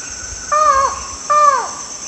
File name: buckleys forest falcon